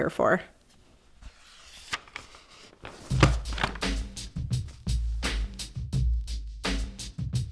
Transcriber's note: page turn, transitioning into drumbeat